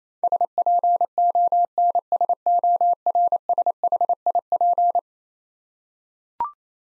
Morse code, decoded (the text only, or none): SPONSORSHIP